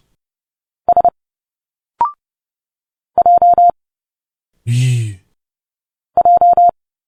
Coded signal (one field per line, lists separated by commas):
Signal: Morse code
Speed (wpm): 30 wpm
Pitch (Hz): 700 Hz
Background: none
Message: S J J